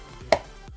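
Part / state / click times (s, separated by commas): oil filter element into filter housing cap / seated / 0.3 s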